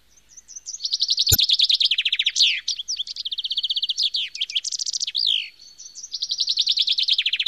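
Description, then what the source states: Bird song that pours out nearly continuous fast trills of high chirps, with changing tempo and a couple of sharp clicks. Nature sounds of birds.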